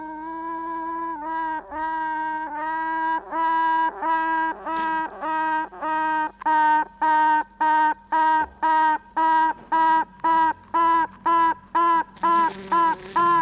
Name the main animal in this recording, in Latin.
Apis mellifera